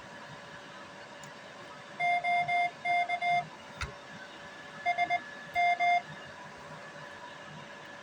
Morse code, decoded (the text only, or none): OK S M